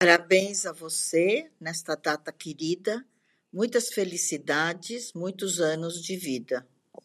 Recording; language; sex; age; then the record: short text; Brazilian Portuguese; female; 70 to 79 years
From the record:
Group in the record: control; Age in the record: 70 years